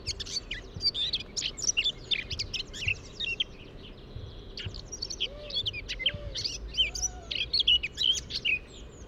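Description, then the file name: Eurasian blackcap song, dense warbling of rapid chattering and whistled notes throughout. "Sylvia atricapilla"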